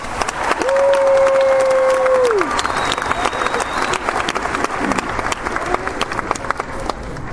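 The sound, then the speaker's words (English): A large audience applauds loudly and steadily for two student speakers about to address their 2015 class, dense overlapping claps filling the whole stretch without a break. A brief sustained tone sounds early, and scattered voices mix into the clapping. “Please join me in giving Francisco Fernandez and Mia McLeod a round of applause.”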